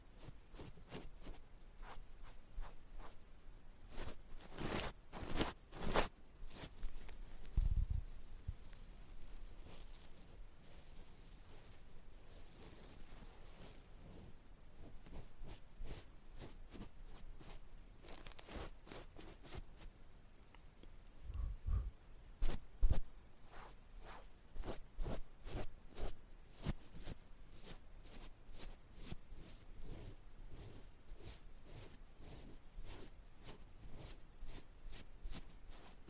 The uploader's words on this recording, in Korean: No talking 말없이 귀에 먼지 털어내기 ear touching sound.